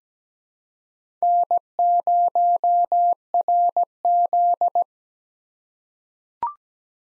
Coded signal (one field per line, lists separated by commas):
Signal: Morse code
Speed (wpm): 17 wpm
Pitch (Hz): 700 Hz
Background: none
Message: N0RZ